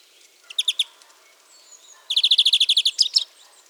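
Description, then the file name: European greenfinch giving short rapid trills of chirping notes, a brief burst of three near the start, then a longer run, ending in sharper notes. "Chloris chloris"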